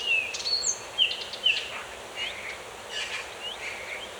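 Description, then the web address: Birds chirping, a few thin whistled notes in the first two seconds, then fainter, softer calls fading into background hiss. Birds in a forest. "مجموعه افکت صدا حیوانات SES Animals SFX Sounds Birds in Forest (Loop 2 )"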